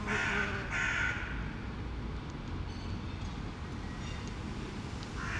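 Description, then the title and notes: Crow giving two hoarse caws over a steady low rumble, with another caw beginning at the end. Crows recorded in Saint-Gilles, Belgium; Immersive Soundscapes Earsight V2 microphones in AB into a Zoom F3. "Saint-Gilles, Belgique - Bees, crows and pigeons. Abeilles, corneilles et quelques pigeons"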